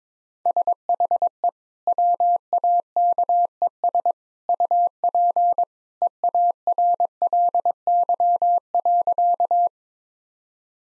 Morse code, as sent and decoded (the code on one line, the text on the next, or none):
... .... . / .-- .- -.- . ... / ..- .--. / . .- .-. .-.. -.-- .-.-.-
SHE WAKES UP EARLY.